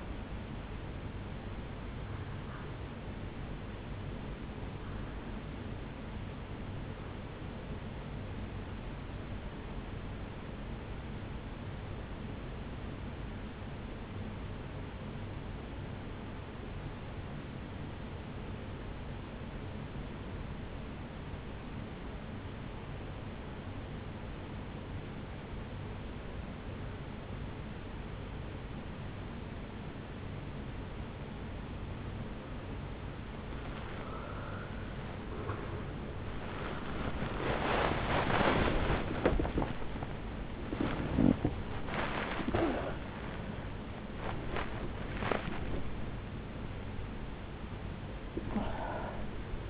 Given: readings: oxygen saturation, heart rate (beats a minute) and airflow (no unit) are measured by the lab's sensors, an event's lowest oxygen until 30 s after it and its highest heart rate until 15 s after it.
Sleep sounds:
breathing in sleep by a voice recorder at the bedside; 1
1.00-31.00 s: new sleep stage, REM sleep
5.00-33.70 s: hypopnea (REM, oxygen 91% highest, then 82% lowest, heart rate 71 at the start, 88 highest)
31.00-49.70 s: new sleep stage, awake
34.00-49.70 s: awake
From the record:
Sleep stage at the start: N1 (lightest sleep); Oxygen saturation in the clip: 84 to 92%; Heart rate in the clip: 65 to 88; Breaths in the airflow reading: 7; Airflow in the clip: -12.0 to 9.6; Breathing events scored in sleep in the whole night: 449 in 7.0 hours asleep

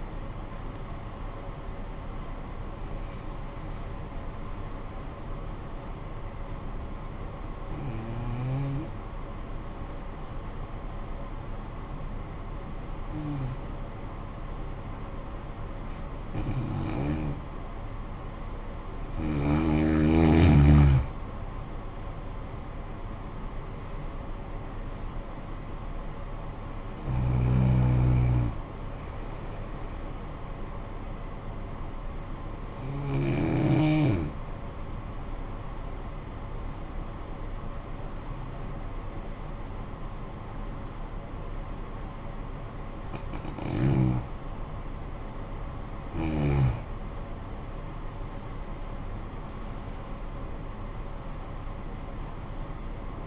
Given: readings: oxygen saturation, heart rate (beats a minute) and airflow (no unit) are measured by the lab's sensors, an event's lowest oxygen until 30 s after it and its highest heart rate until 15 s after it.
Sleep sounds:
breathing in sleep by a smartphone at the bedside; 2
7.00-20.70 s: hypopnea (N1, oxygen 95% highest, then 88% lowest, heart rate 48 at the start, 63 highest)
33.00-46.70 s: hypopnea (N1, oxygen 95% highest, then 90% lowest, heart rate 56 at the start, 63 highest)
From the record:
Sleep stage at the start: N1 (lightest sleep); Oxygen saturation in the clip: 88 to 95%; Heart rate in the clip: 48 to 63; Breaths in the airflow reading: 11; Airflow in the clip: -13.5 to 11.9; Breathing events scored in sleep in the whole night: 445 in 7.6 hours asleep

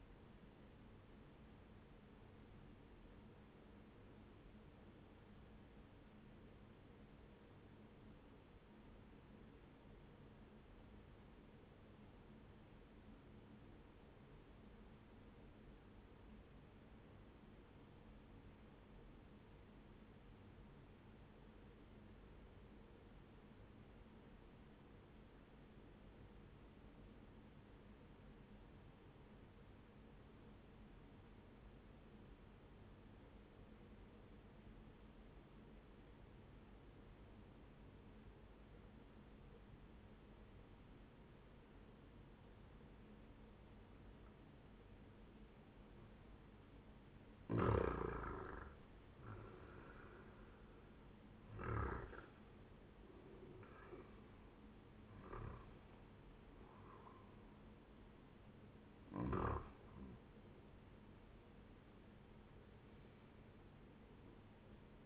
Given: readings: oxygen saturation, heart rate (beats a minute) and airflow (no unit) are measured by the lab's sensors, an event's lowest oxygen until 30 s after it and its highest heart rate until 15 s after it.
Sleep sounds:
breathing in sleep by a voice recorder at the bedside; 1
6.00-45.60 s: obstructive apnea (N1, oxygen 98% highest, then 93% lowest, heart rate 62 at the start, 76 highest)
18.00-48.00 s: new sleep stage, N2 (light sleep)
48.00-65.06 s: new sleep stage, N1 (lightest sleep)
From the record:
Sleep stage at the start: N1 (lightest sleep); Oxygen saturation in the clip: 92 to 98%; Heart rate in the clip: 59 to 76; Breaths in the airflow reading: 5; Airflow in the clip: -10.0 to 12.2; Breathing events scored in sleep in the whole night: 131 in 7.2 hours asleep

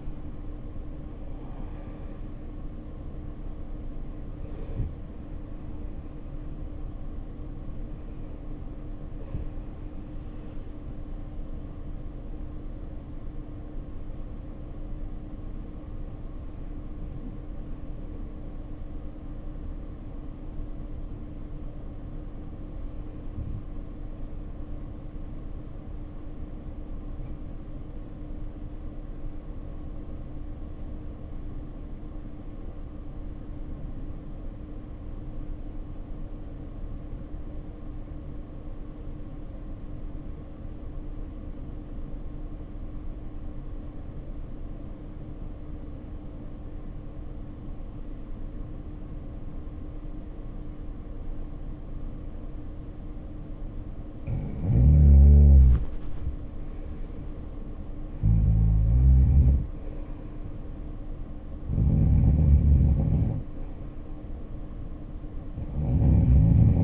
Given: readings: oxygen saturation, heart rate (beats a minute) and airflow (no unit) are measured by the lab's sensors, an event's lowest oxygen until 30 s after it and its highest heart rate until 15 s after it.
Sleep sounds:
breathing in sleep by a smartphone at the bedside; 1
20.00-53.60 s: hypopnea (REM, oxygen 96% highest, then 75% lowest, heart rate 62 at the start, 76 highest)
From the record:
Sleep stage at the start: REM sleep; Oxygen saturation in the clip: 72 to 96%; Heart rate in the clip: 56 to 85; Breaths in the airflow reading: 9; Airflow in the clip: -10.8 to 9.3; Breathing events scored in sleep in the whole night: 520 in 7.2 hours asleep

